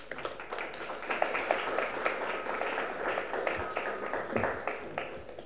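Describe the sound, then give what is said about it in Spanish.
An audience at a poetry afternoon applauds steadily for several seconds as a poet from Ecuador is introduced, a dense mass of overlapping hand claps at an even, moderate volume with no one speaking over it. “Un aplauso para ella.”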